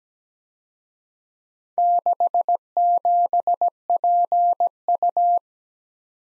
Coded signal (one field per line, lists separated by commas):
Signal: Morse code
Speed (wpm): 20 wpm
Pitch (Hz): 700 Hz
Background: none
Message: 67PU